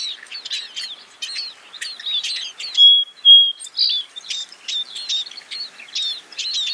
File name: scaly breasted munia sound